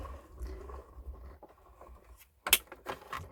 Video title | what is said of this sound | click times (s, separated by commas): Rose heartfelt creations | ça fait un petit clic à la fin là c'est parce que la boîte s est fermée | 2.5 s